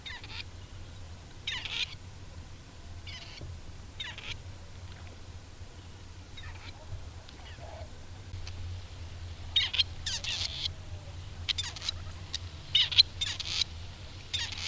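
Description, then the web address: Grey partridge with hoarse, grating calls spaced irregularly, quieter at first and becoming louder and more frequent near the end, against a low background rumble. "agykontroll Madardalok Cd 2. Fogoly"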